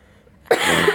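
An adult woman who is ill and a bit snotty coughs.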